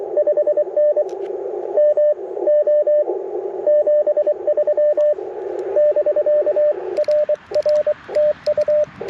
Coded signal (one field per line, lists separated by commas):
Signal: Morse code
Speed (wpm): 24 wpm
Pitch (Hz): 600 Hz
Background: radio noise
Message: 5N MO 73 <BK> RR TU